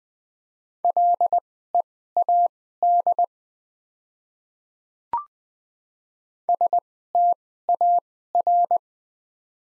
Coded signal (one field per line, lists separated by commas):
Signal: Morse code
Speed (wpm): 20 wpm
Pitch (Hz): 700 Hz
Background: none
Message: LEAD STAR